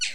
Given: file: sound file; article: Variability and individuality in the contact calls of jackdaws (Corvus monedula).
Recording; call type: jackdaw call; noisy